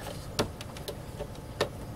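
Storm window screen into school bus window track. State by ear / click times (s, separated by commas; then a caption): seated / 0.4 s, 1.6 s. A cut-down storm window screen is pressed into the track of a school bus window, with the fixed and movable panes swapped so the window opens from the bottom. Sharp snaps at 0.4 s and 1.6 s, with lighter ticks between them around 0.6, 0.8 and 0.9 s, over a low background hum. The screen seats in the track.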